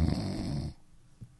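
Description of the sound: A single very faint, low, buzzing snore from a sleeping adult, lasting under a second, then near silence, muffled through a phone speaker. The snoring is mild, not severe enough to need a breathing machine. Only one snore is heard, with no gasping or pauses to judge.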